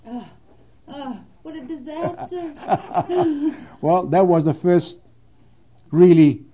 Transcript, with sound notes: Oh. What a disaster. (He laughs,)
Well, that was the first, really,